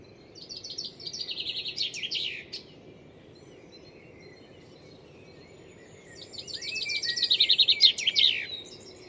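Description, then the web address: Bird singing twice, each a short burst of quick high repeated notes ending in swept slurs, separated by roughly four seconds of quiet hiss. "Deverinetal. Bird Only"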